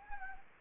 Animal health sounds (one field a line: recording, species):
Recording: mosquito wingbeat signal from an infrared sensor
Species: Anopheles gambiae